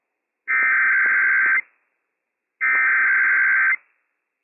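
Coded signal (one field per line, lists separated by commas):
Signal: Emergency Alert System (SAME) tones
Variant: header bursts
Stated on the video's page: Washington State EOC Required Monthly Test sent in error, then a correcting Required Weekly Test, heard on weather radio station WWF56.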